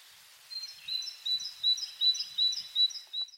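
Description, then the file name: Great tit singing a fast, regular string of clear two-note phrases, high and metallic, about seven repeats. "Parus major"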